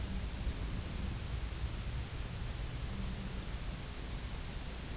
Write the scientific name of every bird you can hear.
none